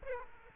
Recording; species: mosquito wingbeat signal from an infrared sensor; Aedes aegypti